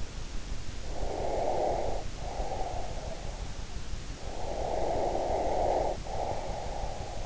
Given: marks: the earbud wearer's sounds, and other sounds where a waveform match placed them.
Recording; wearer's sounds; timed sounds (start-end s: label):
sounds in sleep by an in-ear microphone; breath
0.90-3.30 s: breath
4.41-7.25 s: breath